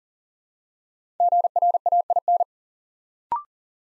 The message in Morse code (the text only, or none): GRAIN